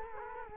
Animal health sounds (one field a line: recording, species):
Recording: mosquito wingbeat signal from an infrared sensor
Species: Culex quinquefasciatus